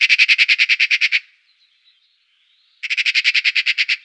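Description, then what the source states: Eurasian magpie chattering: two harsh, rattling bursts of many rapid notes, separated by a quiet gap. Recorded in a city.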